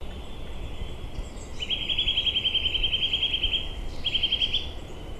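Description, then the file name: Eurasian nuthatch calling with a rapid trill of bright piping notes lasting about two seconds, then a shorter trill, over constant low rumble. "Sitta europaea"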